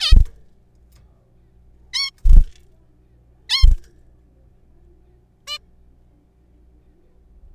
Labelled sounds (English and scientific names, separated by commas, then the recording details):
Zebra Finch (Taeniopygia guttata)
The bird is a juvenile
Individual R3428